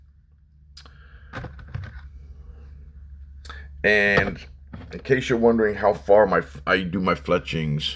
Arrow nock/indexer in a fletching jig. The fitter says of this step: Okay, just give it a turn till it clicks.